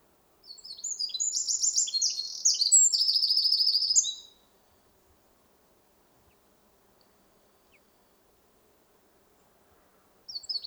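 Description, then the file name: Eurasian wren bursting into a loud, high trilling song for about four seconds, then a long quiet gap before another song begins at the very end. "Troglodytes troglodytes"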